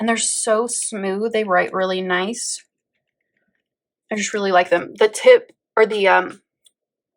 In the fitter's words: the cap sits on top of it but it doesn't click on